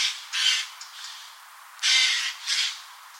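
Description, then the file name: Eurasian jay giving several harsh, rasping screeches separated by quieter gaps. "Garrulus glandarius"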